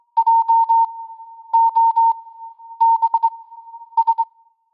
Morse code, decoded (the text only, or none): JOBS